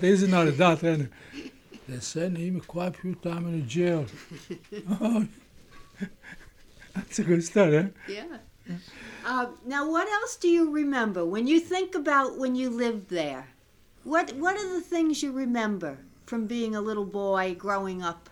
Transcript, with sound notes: He's not a doctor, and they send him quite a few times to jail. ( he laughs ) That's a good story, eh?
Yeah. Now, what else do you remember, when you think about when you lived there, what are the things you remember from being a little boy growing up.